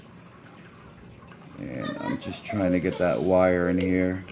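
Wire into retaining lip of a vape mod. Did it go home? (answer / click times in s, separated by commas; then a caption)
no / none. A wire is being lined up with the retaining lip inside a vape mod, with only quiet handling sounds and a faint tap near 0.3 seconds. Someone talks over the handling from about 1.5 seconds on. The wire has not popped in or clicked yet.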